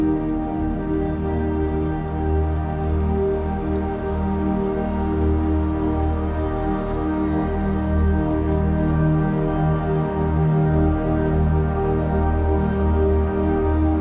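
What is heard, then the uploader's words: Raindrops fall steadily for the whole clip, a dense, even patter with no pauses or build. A deep, constant hum sits underneath and dominates the low end, while faint, sharper drop ticks show up now and then in the higher range. Restorative Raindrops.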